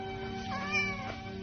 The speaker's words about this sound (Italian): Tra quegli stracci, come a cercare qualcosa o qualcuno, si muove miagolando un gattino.